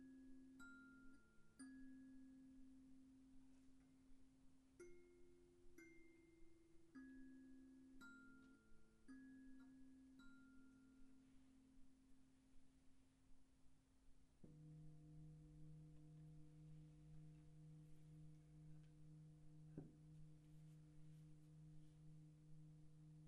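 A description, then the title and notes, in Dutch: Singing bowls ring in long, overlapping sustained tones, struck again every second or so with soft bright attacks during the first fourteen seconds. Around fourteen seconds a deeper, steady droning tone takes over, with a fresh strike near twenty seconds, over a faint constant hiss. Het is vooral een ontspannende meditatie met klankschalen en gong.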